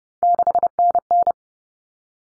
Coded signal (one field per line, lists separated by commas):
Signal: Morse code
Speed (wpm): 30 wpm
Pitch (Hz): 700 Hz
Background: none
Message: 6NN